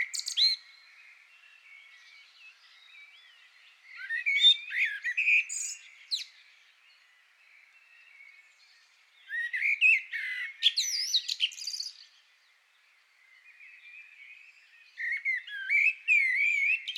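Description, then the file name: Common blackbird singing in short bursts of warbled and twittering notes about every five seconds, separated by quieter gaps with faint background birdsong. "Turdus merula"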